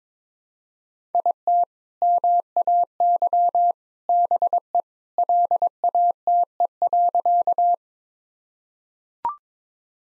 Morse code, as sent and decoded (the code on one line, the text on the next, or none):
.. - / -- .- -.-- / -... . / .-.. .- - . .-.-.-
IT MAY BE LATE.